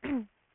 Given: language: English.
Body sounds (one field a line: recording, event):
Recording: throat vibration sensor signal played as sound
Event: cough